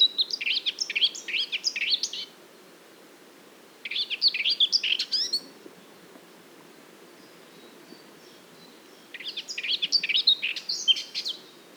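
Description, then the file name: Eurasian blackcap song: three separate bursts of rapid, buzzy-edged warbling, each about one and a half to two seconds long, spaced by quiet gaps. "Sylvia atricapilla"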